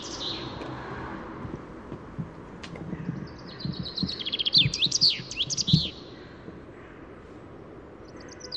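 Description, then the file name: Common chaffinch song midway through, a quick cascading trill with a final flourish, set against low rumbling background noise and a few soft thuds. "Fringilla coelebs"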